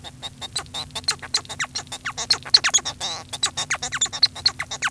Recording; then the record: song of a male Bengalese finch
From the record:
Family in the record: son of father 1